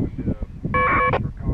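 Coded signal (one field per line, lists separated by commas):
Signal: packet radio (AX.25, as in APRS)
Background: speech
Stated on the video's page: Packet Winlink on 2m from a portable emergency-communications go box using a Kenwood TM-D710G and roll-up J-pole antenna.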